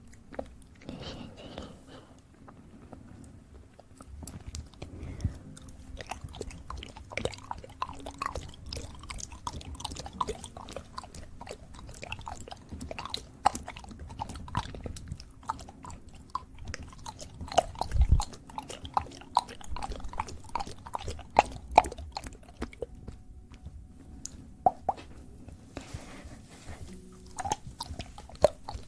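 Someone eats sugar, with wet, crunchy chewing and biting sounds coming in quick, irregular bursts from start to finish. Sharp crackles and clicks sit over a low, steady hum, and the bites grow a little denser and louder after the first few seconds.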